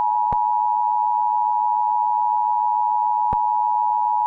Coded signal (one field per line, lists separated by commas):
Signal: Emergency Alert System (SAME) tones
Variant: 853 and 960 Hz attention tone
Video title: Eas alarm while airing vocabularry/pipkins